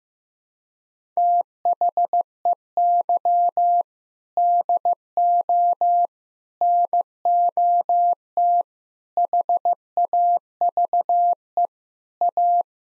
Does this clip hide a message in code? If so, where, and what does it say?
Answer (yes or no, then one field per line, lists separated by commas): yes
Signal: Morse code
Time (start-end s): 1.2-12.6 s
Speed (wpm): 15 wpm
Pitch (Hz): 700 Hz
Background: none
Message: THEY DO NOT HAVE A